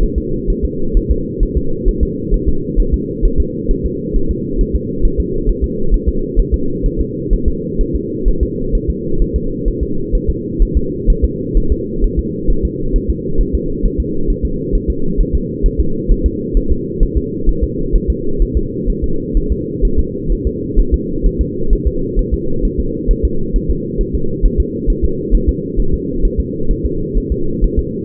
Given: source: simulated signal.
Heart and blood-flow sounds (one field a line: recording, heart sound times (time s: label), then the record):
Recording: fetal heart sounds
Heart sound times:
0.03 s: S1
0.18 s: S2
0.50 s: S1
0.65 s: S2
0.97 s: S1
1.11 s: S2
1.43 s: S1
1.57 s: S2
1.89 s: S1
2.03 s: S2
2.34 s: S1
2.48 s: S2
2.80 s: S1
2.94 s: S2
3.25 s: S1
3.40 s: S2
3.71 s: S1
3.86 s: S2
4.16 s: S1
4.31 s: S2
4.61 s: S1
4.76 s: S2
5.05 s: S1
5.20 s: S2
5.49 s: S1
5.64 s: S2
5.94 s: S1
6.08 s: S2
6.39 s: S1
6.54 s: S2
6.86 s: S1
7.01 s: S2
7.33 s: S1
7.48 s: S2
7.81 s: S1
7.96 s: S2
8.28 s: S1
8.43 s: S2
8.75 s: S1
8.90 s: S2
9.22 s: S1
9.36 s: S2
9.68 s: S1
9.83 s: S2
10.15 s: S1
10.30 s: S2
10.62 s: S1
10.77 s: S2
11.10 s: S1
11.24 s: S2
11.57 s: S1
11.72 s: S2
12.04 s: S1
12.19 s: S2
12.50 s: S1
12.65 s: S2
12.96 s: S1
13.10 s: S2
13.41 s: S1
13.55 s: S2
13.85 s: S1
14.00 s: S2
14.30 s: S1
14.45 s: S2
14.75 s: S1
14.90 s: S2
15.21 s: S1
15.35 s: S2
15.66 s: S1
15.80 s: S2
16.11 s: S1
16.26 s: S2
16.57 s: S1
16.72 s: S2
17.03 s: S1
17.18 s: S2
17.49 s: S1
17.64 s: S2
17.95 s: S1
18.10 s: S2
18.42 s: S1
18.57 s: S2
18.90 s: S1
19.04 s: S2
19.37 s: S1
19.52 s: S2
19.85 s: S1
19.99 s: S2
20.32 s: S1
20.47 s: S2
20.80 s: S1
20.94 s: S2
21.26 s: S1
21.41 s: S2
21.73 s: S1
21.87 s: S2
22.19 s: S1
22.34 s: S2
22.65 s: S1
22.80 s: S2
23.11 s: S1
23.25 s: S2
23.56 s: S1
23.70 s: S2
24.01 s: S1
24.15 s: S2
24.45 s: S1
24.60 s: S2
24.90 s: S1
25.05 s: S2
25.35 s: S1
25.49 s: S2
25.80 s: S1
25.94 s: S2
26.25 s: S1
26.40 s: S2
26.71 s: S1
26.86 s: S2
27.17 s: S1
27.32 s: S2
27.64 s: S1
27.79 s: S2
From the record:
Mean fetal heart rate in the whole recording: 130 bpm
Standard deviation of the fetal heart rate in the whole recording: 2 bpm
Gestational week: 38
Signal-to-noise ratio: -8.1 dB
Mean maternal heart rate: 72 bpm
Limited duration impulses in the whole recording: absent